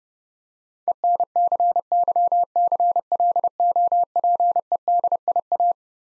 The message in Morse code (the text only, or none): ENCYCLOPEDIA